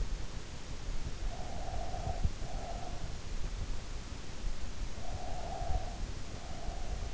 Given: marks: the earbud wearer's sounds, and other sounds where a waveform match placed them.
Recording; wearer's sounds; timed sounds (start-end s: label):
sounds in sleep by an in-ear microphone; breath
1.20-3.33 s: breath
4.82-7.14 s: breath